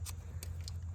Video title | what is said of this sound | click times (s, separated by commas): Fixing A Lived In MK4 Jetta 1.8T! | no no that was a quiet click junk that one's done | 0.7 s